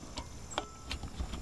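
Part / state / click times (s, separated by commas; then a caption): butane canister into camping stove fuel port / not seated / none. A butane gas canister is handled at the fuel port of a CAMPINGMOON XD-3 butane camping stove, with light ticking contact sounds and two sharper taps near 0.6 and 0.9 seconds. Nothing has seated or clicked yet; the canister is not locked into place.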